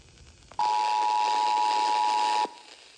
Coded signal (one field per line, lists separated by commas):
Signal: Emergency Alert System (SAME) tones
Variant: 853 and 960 Hz attention tone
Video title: EAS Alerts From 7/6/26: A Compilation (EAS 1256-1269)